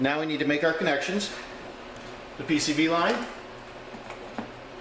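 Someone talks while handling the PCV hose quick-connect at its fitting on the intake tube of a JLT cold air intake (CAI-FMG-15) on a 2015–2017 Mustang GT. A brief faint tap is heard near the end. Nothing has seated or clicked yet.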